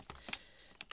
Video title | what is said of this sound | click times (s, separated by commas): ЗАКАЗ С САЙТА RANDEWOO - ЛЮКСОВАЯ ПАРФЮМЕРИЯ/КУПИЛИ МОЮЩИЙ ПЫЛЕСОС, ОБЗОР ПЫЛЕСОСА KITFORT KT-575-1 | все щелкнуло видите | 0.8 s, 0.9 s